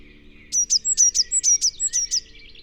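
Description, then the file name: Eurasian blue tit giving a quick string of about ten high, clipped notes, evenly spaced. "Cyanistes caeruleus"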